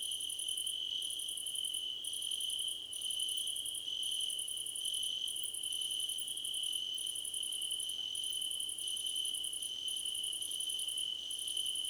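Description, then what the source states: Cricket chorus with a constant shrill trill and very high rapid chirp trains in bursts of about a second, separated by short gaps throughout. Several crickets chirping together, described as a choir competition.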